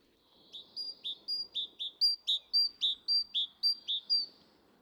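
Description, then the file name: Great tit song: clear two-note phrases of a high and a lower note, repeated rapidly several times in a steady series. "Parus major"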